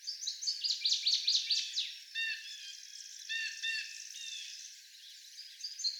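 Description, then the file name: Northern waterthrush singing a bright, rapid string of emphatic notes that ends in descending slurs, then short repeated chirps from another bird. Seventeen songs. "Northern Waterthrush 17 Songs"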